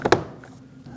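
The plastic window switch trim panel of a 2005–2021 Nissan Frontier is pressed into the door panel, top tab first and then the back pushed in. A short knock comes just before the main sharp snap at 0.1 s, as its clips lock into the door trim. A faint tick follows and then quiet, and the panel is seated.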